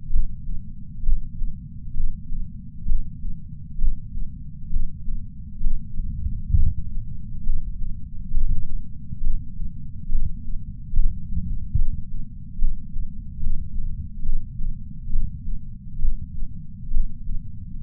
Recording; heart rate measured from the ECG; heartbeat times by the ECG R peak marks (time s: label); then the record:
heart sounds by patch sensor on the chest; 68 bpm
0.09 s: heartbeat
1.02 s: heartbeat
1.93 s: heartbeat
2.85 s: heartbeat
3.78 s: heartbeat
4.69 s: heartbeat
5.60 s: heartbeat
6.52 s: heartbeat
7.43 s: heartbeat
8.30 s: heartbeat
9.20 s: heartbeat
10.08 s: heartbeat
10.93 s: heartbeat
11.75 s: heartbeat
12.58 s: heartbeat
13.40 s: heartbeat
14.22 s: heartbeat
15.09 s: heartbeat
15.98 s: heartbeat
16.90 s: heartbeat
17.82 s: heartbeat
From the record:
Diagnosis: coronary artery disease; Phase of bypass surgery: preoperative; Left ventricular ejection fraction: 64%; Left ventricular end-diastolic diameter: 46 mm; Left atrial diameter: 41 mm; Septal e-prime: 5 cm/s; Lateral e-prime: 6 cm/s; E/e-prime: 12.5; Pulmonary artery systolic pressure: 30 mmHg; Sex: male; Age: 62 years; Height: 165 cm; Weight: 72 kg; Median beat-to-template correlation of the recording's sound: 0.93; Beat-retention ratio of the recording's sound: 0.99